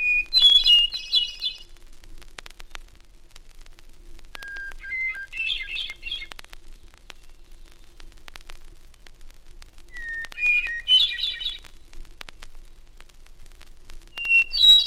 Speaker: The first of these, often considered America's foremost songbird, is the hermit thrush, now singing from a balsam spire in the Adirondack Mountains.